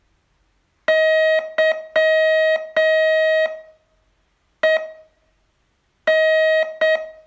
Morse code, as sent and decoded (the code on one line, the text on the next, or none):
-.-- . -.
YEN